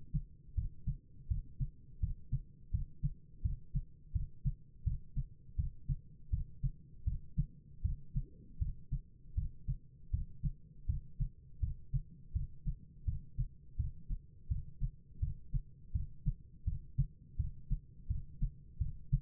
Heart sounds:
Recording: heart sounds by stethoscope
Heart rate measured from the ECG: 82 bpm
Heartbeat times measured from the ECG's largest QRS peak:
0.55 s: heartbeat
1.28 s: heartbeat
2.00 s: heartbeat
2.71 s: heartbeat
3.42 s: heartbeat
4.12 s: heartbeat
4.84 s: heartbeat
5.56 s: heartbeat
6.30 s: heartbeat
7.04 s: heartbeat
7.82 s: heartbeat
8.58 s: heartbeat
9.35 s: heartbeat
10.11 s: heartbeat
10.86 s: heartbeat
11.60 s: heartbeat
12.33 s: heartbeat
13.05 s: heartbeat
13.76 s: heartbeat
14.48 s: heartbeat
15.20 s: heartbeat
15.92 s: heartbeat
16.65 s: heartbeat
17.37 s: heartbeat
18.07 s: heartbeat
18.78 s: heartbeat
From the record:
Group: healthy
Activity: Valsalva maneuver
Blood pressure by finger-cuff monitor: 158/119 mmHg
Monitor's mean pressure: 130 mmHg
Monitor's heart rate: 83 bpm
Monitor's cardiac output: 4.3 L/min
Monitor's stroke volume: 53 mL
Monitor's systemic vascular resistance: 2220 dyn s/cm5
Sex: female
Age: 51 years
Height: 162 cm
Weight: 70.04 kg

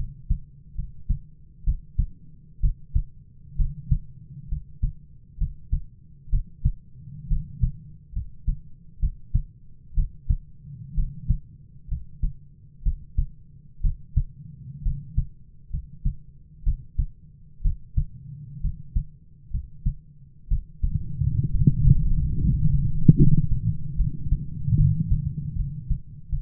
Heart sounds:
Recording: heart sounds by stethoscope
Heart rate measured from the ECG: 66 bpm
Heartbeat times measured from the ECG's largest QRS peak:
0.74 s: heartbeat
1.63 s: heartbeat
2.60 s: heartbeat
3.55 s: heartbeat
4.48 s: heartbeat
5.37 s: heartbeat
6.29 s: heartbeat
7.27 s: heartbeat
8.12 s: heartbeat
8.99 s: heartbeat
9.94 s: heartbeat
10.94 s: heartbeat
11.87 s: heartbeat
12.82 s: heartbeat
13.80 s: heartbeat
14.82 s: heartbeat
15.69 s: heartbeat
16.63 s: heartbeat
17.61 s: heartbeat
18.60 s: heartbeat
19.50 s: heartbeat
20.47 s: heartbeat
21.50 s: heartbeat
22.38 s: heartbeat
23.15 s: heartbeat
23.96 s: heartbeat
24.75 s: heartbeat
25.55 s: heartbeat
26.29 s: heartbeat
From the record:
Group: healthy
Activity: cold pressor test 0-23 s, rest 23-26 s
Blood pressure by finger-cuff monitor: 116/61 mmHg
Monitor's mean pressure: 72 mmHg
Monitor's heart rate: 64 bpm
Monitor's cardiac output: 7.1 L/min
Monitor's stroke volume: 111 mL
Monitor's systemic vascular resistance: 720 dyn s/cm5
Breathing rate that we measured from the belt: 17 breaths a minute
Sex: male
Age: 22 years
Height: 185 cm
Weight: 112.4 kg

